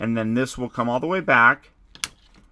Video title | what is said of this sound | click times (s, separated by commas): Transformers Studio Series 86 Leader Class SNARL Video Review | and that will lock into place there and continue to rotate that around | 1.9 s, 2.0 s